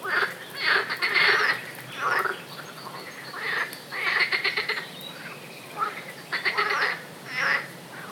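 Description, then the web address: Frog croaks in rough, grating bursts of several pulses, separated by short pauses, with a few quieter croaks in between. "nature zaby"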